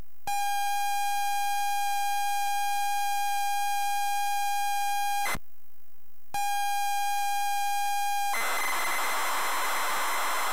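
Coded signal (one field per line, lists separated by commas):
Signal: ZX Spectrum tape loading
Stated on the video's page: Loaded on a ZX Spectrum +3 from a WH Smith CPD8300 cassette player.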